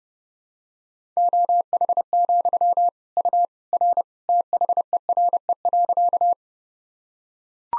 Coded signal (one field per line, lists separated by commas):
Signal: Morse code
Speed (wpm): 31 wpm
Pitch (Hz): 700 Hz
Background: none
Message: OH, U R THERE.